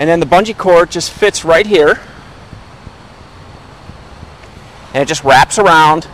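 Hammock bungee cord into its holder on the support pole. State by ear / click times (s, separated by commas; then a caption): not seated / none. Someone talks while fitting a Lawson camping hammock's bungee cord into its holder on the support pole and wrapping it around. Between the stretches of talk there is only a faint, steady background hiss, with no sharp sounds. Nothing has snapped or clicked into place yet.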